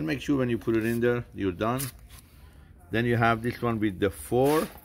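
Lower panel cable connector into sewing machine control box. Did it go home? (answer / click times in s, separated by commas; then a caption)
no / none. A lower panel cable connector is handled near the control box of a Juki DDL-9000C sewing machine during cable assembly, while someone talks. Only faint handling noise is heard under the speech, mostly in a quieter stretch around 2 to 3 seconds. The connector has not seated or clicked yet.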